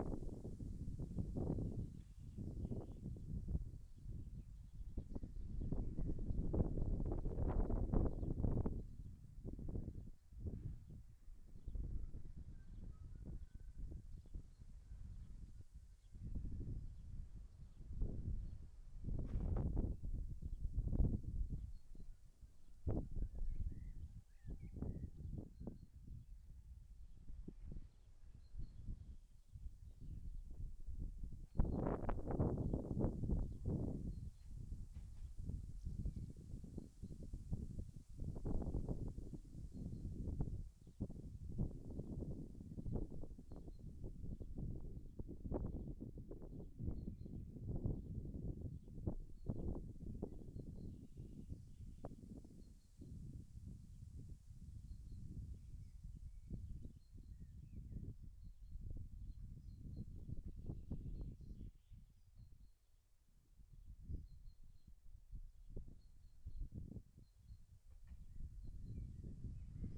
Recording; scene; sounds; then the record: everyday scene through a hearing-aid microphone; wind on the microphone; wind, other noises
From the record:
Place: in front of a rural house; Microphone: behind the ear, left, front